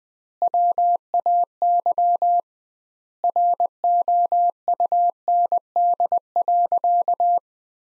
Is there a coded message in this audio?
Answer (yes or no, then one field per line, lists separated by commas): yes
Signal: Morse code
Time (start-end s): 0.4-7.4 s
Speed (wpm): 20 wpm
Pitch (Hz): 700 Hz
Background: none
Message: WAY ROUND.